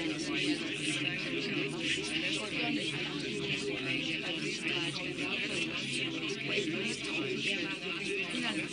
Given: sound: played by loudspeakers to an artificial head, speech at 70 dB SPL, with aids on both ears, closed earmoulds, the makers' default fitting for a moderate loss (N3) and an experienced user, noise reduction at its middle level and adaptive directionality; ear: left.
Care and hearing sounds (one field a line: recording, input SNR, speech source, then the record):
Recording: speech test signal (ISTS) in cocktail-party noise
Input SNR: -6 dB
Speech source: on the right (90 degrees)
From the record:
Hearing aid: class 2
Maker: D